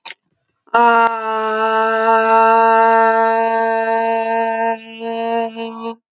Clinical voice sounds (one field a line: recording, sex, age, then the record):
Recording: vowel held as long as possible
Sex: female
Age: 20 to 29 years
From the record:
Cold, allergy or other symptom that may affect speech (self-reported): no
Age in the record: 21 years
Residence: North Dakota, United States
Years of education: 12